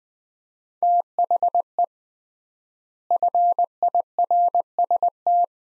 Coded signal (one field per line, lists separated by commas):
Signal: Morse code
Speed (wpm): 20 wpm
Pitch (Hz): 700 Hz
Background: none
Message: THE FIRST